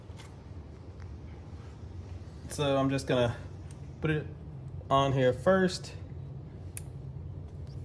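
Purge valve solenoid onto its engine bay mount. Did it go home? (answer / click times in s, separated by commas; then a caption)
yes / 6.8 s. A replacement evap purge valve solenoid for a 2019 Chevrolet Traverse is pressed onto its mounting point in the engine bay while someone talks. A sharp, loud click sounds at 6.8 seconds as the solenoid seats onto its mount.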